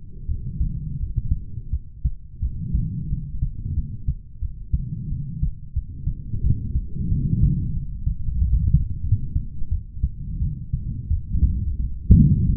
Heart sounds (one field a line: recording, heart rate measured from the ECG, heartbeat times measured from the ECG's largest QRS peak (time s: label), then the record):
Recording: heart sounds by stethoscope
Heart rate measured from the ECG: 88 bpm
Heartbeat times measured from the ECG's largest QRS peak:
0.26 s: heartbeat
0.97 s: heartbeat
1.70 s: heartbeat
2.39 s: heartbeat
3.08 s: heartbeat
3.73 s: heartbeat
4.39 s: heartbeat
5.08 s: heartbeat
5.73 s: heartbeat
6.41 s: heartbeat
7.09 s: heartbeat
7.73 s: heartbeat
8.39 s: heartbeat
9.01 s: heartbeat
9.69 s: heartbeat
10.39 s: heartbeat
11.08 s: heartbeat
11.77 s: heartbeat
12.47 s: heartbeat
From the record:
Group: healthy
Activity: cold pressor test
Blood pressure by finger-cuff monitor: 108/82 mmHg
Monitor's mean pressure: 91 mmHg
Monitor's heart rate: 90 bpm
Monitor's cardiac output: 6.6 L/min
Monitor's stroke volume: 74 mL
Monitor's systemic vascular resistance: 1020 dyn s/cm5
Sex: male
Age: 20 years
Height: 187 cm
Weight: 68.9 kg